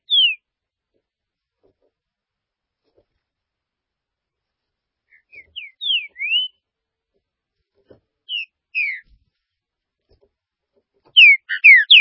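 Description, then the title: Green-winged saltator song: short whistled slurred phrases separated by long pauses, ending with a loud, busy phrase. "Trinca Ferro"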